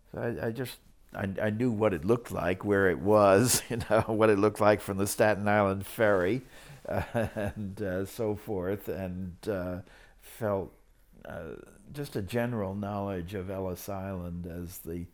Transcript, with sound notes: I --- I just --- I knew what it looked like, where it was --- you know -- what it looked like from the Staten Island Ferry [Laughs] and so forth --- and felt just a general knowledge of Ellis Island as the